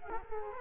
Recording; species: mosquito wingbeat signal from an infrared sensor; Culex quinquefasciatus